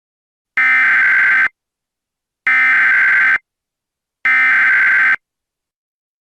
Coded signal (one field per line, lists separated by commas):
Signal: Emergency Alert System (SAME) tones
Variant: header bursts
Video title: EAS Scenario Special - McVanc2020: The Crimson Girl